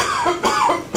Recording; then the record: coughing mixed with background sound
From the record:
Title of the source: Spring Cold Coughing 2